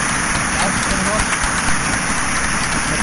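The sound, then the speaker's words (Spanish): A steady burst of crowd applause: dense, crackling clapping that stays at an even, fairly loud level for about three seconds without any clear pause. “Unos aplausos, por favor.”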